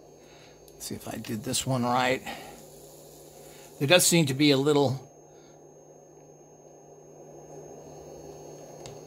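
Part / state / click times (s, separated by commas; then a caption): plastic toy part into toy launcher / seated / 8.9 s. A plastic toy part is pressed into a toy launcher while someone talks, with a low steady hum underneath. A sharp click at 8.9 seconds marks the part seating home.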